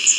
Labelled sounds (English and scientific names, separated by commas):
Cerulean Warbler (Setophaga cerulea) flight call